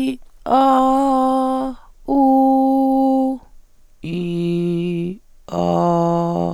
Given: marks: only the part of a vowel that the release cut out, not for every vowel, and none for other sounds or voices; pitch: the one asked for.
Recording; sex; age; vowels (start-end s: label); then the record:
sustained vowels; female; 60 to 69 years
0.57-1.48 s: vowel /a/, high pitch
2.31-3.20 s: vowel /u/, high pitch
4.19-5.02 s: vowel /i/, low pitch
5.75-6.33 s: vowel /a/, low pitch
From the record:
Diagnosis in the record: intubation injury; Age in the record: 66 years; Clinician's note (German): Phonationstrauma nach Intubation, keine Aryluxation